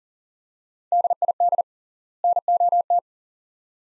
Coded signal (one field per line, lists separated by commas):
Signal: Morse code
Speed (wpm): 38 wpm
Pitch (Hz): 700 Hz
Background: none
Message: DID NOT